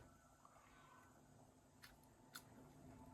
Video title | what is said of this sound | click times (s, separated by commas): בראשית מצלמות דרך-המדריך המלא לרישום מצלמת הרכב Blackvue | הסיקה מכניסים אותה עד שאנחנו שומעים קליק | 2.4 s